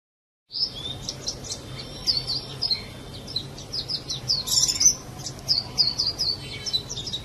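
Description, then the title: Java sparrow chirping: a steady stream of high chips starts abruptly after silence and runs unbroken to the end, with one brief scratchy burst near the middle. "kicau gelatik"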